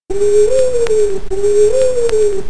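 Owl hooting, two long smooth hoots in quick succession, each rising slightly then falling away, over a steady low hiss.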